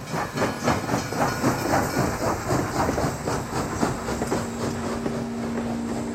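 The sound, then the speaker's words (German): A steam train chugs steadily along the rails, rhythmic puffs and clattering wheels over a constant hiss, with a low sustained tone emerging toward the end. “Ost- und Westküste der Vereinigten Staaten von Amerika sind durch Eisenbahnschienen miteinander verbunden.”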